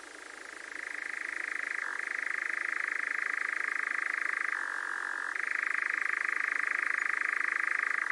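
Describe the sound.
Nightjar giving a long even churr of fast dry pulses, with a brief dip near two seconds and a lower-pitched stretch around five seconds before it rises again.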